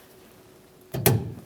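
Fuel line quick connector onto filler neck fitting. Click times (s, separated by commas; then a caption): 1.1 s. A fuel line quick connector is pressed onto the filler neck fitting of a 2005-2010 Dodge Dakota during a fuel pump module replacement. After near silence, a softer knock comes at 0.9 s, followed by a sharp, bright click at 1.1 s that rings out briefly. The connector seats with that click.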